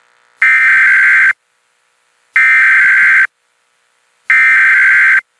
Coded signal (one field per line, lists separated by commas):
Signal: Emergency Alert System (SAME) tones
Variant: header bursts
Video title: EAS Scenario: The Government Shutdown of 2018 (December 22, 2018, January 5, 2019)